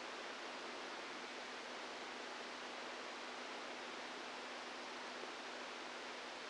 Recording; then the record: brain microelectrode recording played as sound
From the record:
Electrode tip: outside the subthalamic nucleus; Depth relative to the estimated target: 2 mm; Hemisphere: right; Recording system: NeuroSet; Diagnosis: Parkinson's disease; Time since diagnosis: 10 years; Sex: female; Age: 45 years